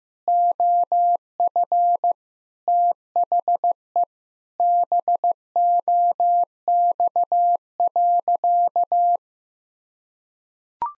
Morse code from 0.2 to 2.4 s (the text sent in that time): OF